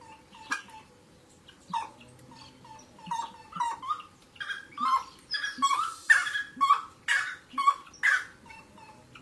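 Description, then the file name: Grey-necked wood rail song: loud, hoarse, repeated notes about twice a second, starting softer and building into a rhythmic series. "Canto do saracura tres potes"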